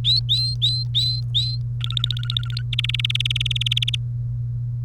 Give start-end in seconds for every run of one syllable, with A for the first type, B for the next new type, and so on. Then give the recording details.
0.04-1.56 A, 1.81-2.62 B, 2.73-3.95 C. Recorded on 30 April 2018 at 16:54. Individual llb3